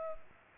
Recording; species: mosquito wingbeat signal from an infrared sensor; Culex pipiens